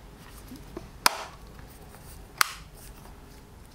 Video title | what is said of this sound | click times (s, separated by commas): How to setup the Square Register POS System | like so and that's now locked in and we've got that attached to our | 1.1 s